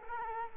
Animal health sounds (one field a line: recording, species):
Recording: mosquito wingbeat signal from an infrared sensor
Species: Culex quinquefasciatus